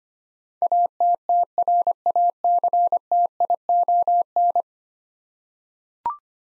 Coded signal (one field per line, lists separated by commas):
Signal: Morse code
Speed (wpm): 25 wpm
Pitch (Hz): 700 Hz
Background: none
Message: ATTRACTION